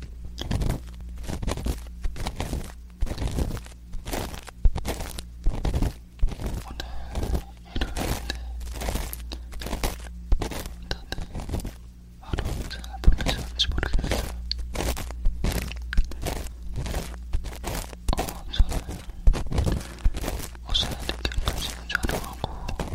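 Crackly ear cleaning with a wooden pick: dense scratchy clicks and thumps come in rapid irregular bursts over a steady low hum.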